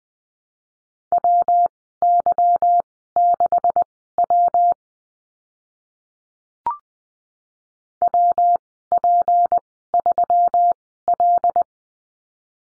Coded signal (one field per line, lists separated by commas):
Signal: Morse code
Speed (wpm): 20 wpm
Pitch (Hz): 700 Hz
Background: none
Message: WY6W WP3L